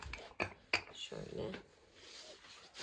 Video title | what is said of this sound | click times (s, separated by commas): Artan İpler ile Renkli Kano Çanta Yapımı - Kağıt İp Örgü Çanta Tarifi | geçirdikten sonra hafif bir tık sesiyle | 0.7 s